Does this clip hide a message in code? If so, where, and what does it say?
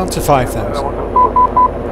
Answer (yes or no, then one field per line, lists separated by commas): no